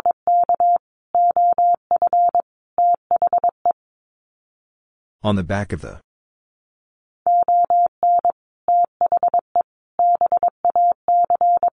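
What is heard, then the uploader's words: Morse code beeps in a single steady mid-pitched tone, keyed in quick groups of short and long pulses with brief gaps between letters. Around five seconds the beeping stops for a short burst of a voice, then the Morse code resumes until the end. Sets of 5 Words 22wpm. First, the words are sent in Morse code. Then it is spoken.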